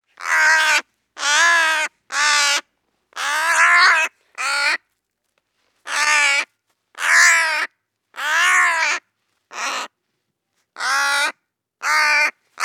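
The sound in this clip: Crow giving many harsh, raspy caws in an uneven series, with brief silent gaps between them.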